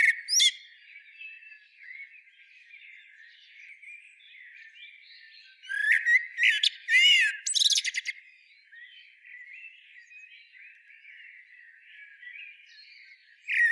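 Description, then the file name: Common blackbird singing brief loud phrases of high squeaky and whistled notes at the opening, middle and close, while other birds twitter softly throughout. "Turdus merula"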